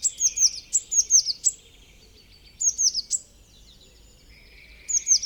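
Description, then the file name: Eurasian blue tit calling in three short bursts of quick, high, sliding notes, separated by brief quiet gaps. "Cyanistes caeruleus"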